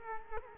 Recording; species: mosquito wingbeat signal from an infrared sensor; Culex quinquefasciatus